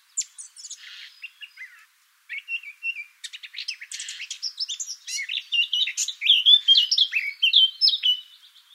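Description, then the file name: Eurasian blackcap song beginning with soft, chattering twitters, a brief gap, then a run building into bright, loud whistled flourishes. "Sylvia atricapilla"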